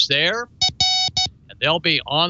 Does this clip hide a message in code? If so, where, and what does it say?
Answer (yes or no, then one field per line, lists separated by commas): no